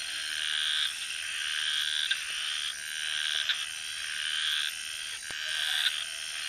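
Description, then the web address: Garbe's snouted treefrog calls in harsh, buzzy bursts lasting one to two seconds, separated by brief breaks, with a steady high insect hum running throughout. Recorded in the Ecuadorian Amazon, South America. "Natures Songs S America Frogs of Ecuadorian Amazon Scinax garbei"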